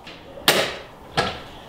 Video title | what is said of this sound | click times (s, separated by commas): I GOT BAD NEWS FOR THE JON BOAT!! | wasn't able to lock it into place with a tilt but now it locks in place on its own | 0.5 s